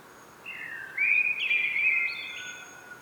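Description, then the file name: Common blackbird giving a single warbled, fluty phrase that slides up and finishes with thin, high twittering notes. "Turdus merula"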